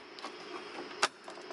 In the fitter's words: then there we go just snapped right in now